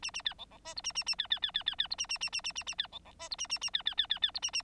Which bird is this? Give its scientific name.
Lonchura striata domestica